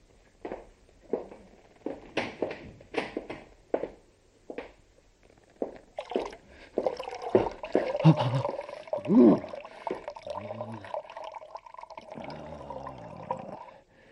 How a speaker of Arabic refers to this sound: لا، هذه حال لا يصلح معها غسيل الوجه فقط. سأخرج وأفتح صنبور المياه فوق رأسي علي أفيق.